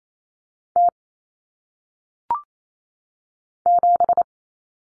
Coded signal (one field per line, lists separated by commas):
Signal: Morse code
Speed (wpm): 28 wpm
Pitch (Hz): 700 Hz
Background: none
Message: T 7